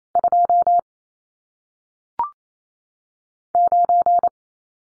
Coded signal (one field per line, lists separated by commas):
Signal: Morse code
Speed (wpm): 28 wpm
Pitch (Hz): 700 Hz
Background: none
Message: 2 9